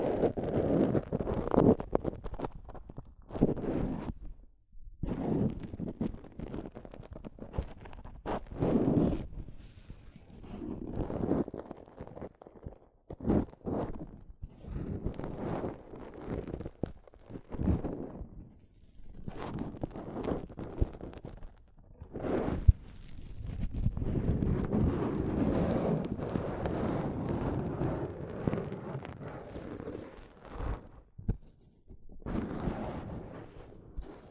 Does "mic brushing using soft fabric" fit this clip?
yes